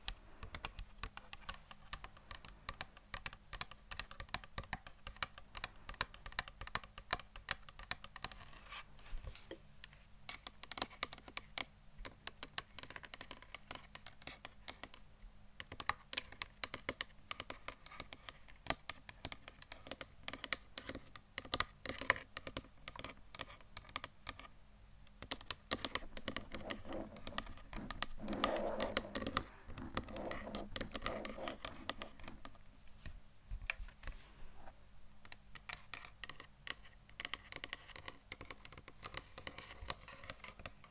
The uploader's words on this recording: ASMR Best Tapping For ULTIMATE Brain Tingles (No Talking).